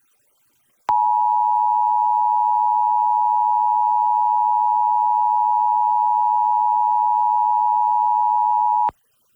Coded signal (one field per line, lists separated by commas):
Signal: Emergency Alert System (SAME) tones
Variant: 853 and 960 Hz attention tone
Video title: EAS #929-930: 2 EAS Required Monthly Tests- May 7, 2024- 10:15AM PDT